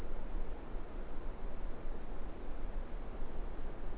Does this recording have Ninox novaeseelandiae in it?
no